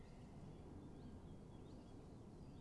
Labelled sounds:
Common Chiffchaff (Phylloscopus collybita)
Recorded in Germany
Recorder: ecoPi

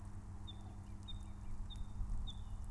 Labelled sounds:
Song Thrush (Turdus philomelos)
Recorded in Germany
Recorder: ecoPi

